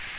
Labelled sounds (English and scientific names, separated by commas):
Magnolia Warbler (Setophaga magnolia) flight call